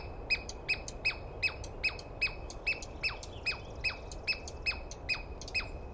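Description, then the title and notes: Douglas squirrel calls: loud, harsh chirps sweeping downward, repeated about two and a half times a second, slightly uneven in spacing. Douglas pine squirrel screaming at length at dawn, morning of 21 April 2017, East Cascades; recordist woken by it; identified by sound, not clearly seen. "On the morning of 21 April, 2017, I set up my microphones and recorder for a nice dawn recording in the East Cascades. I was started awake by a screaming Douglas Pine Squirrel."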